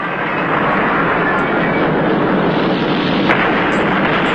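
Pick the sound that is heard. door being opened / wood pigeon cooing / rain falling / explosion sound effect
explosion sound effect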